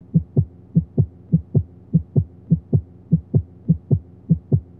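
Steady, regular paired lub-dub heart sounds at about 100 beats a minute, each beat a low thump followed closely by a second. A normal heart beating fast after practising sport.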